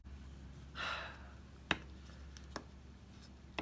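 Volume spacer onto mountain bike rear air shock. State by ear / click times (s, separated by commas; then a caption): not seated / none. A plastic air volume spacer is being handled and pressed onto the body of a 2017 Fox Float X mountain bike rear air shock, convex side facing the top of the shock where the rebound knob is. A soft breath-like rush is heard around 0.8–1.1 s, followed by short sharp ticks at 1.7, 2.6 and 3.6 s. Nothing has seated or clicked into place yet.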